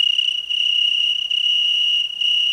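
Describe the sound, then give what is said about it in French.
A cricket trills steadily in a high, piercing pure tone, made by raising its two transparent wings and vibrating them; the continuous chirping pulses slightly with brief dips in loudness, with no voices present. “Ils dressent deux ailes transparentes en l'air et les font vibrer.”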